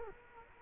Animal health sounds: mosquito wingbeat signal from an infrared sensor; Culex quinquefasciatus

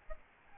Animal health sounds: mosquito wingbeat signal from an infrared sensor; Aedes albopictus

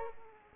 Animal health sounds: mosquito wingbeat signal from an infrared sensor; Culex pipiens

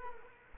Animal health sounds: mosquito wingbeat signal from an infrared sensor; Culex quinquefasciatus

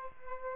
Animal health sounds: mosquito wingbeat signal from an infrared sensor; Aedes albopictus

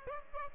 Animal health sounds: mosquito wingbeat signal from an infrared sensor; Aedes aegypti

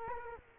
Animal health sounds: mosquito wingbeat signal from an infrared sensor; Culex quinquefasciatus

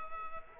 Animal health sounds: mosquito wingbeat signal from an infrared sensor; Culex quinquefasciatus

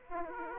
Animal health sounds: mosquito wingbeat signal from an infrared sensor; Aedes aegypti

